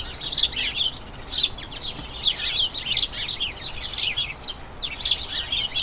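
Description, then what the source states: House sparrows chirping: several birds chattering at once, high chirps surging and easing in uneven bursts. Colony of about a dozen house sparrows chattering incessantly in a small front garden as crocuses bloom; excited chatter before the breeding season.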